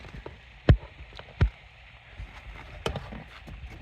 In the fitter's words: You'll hear the pop, pop, pop, pop. There's 3 at the top.